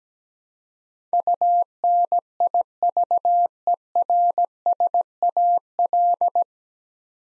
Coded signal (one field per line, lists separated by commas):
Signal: Morse code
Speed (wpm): 17 wpm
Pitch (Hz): 700 Hz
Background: none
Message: UNIVERSAL